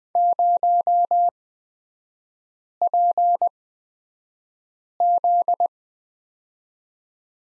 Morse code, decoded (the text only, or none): 0PZ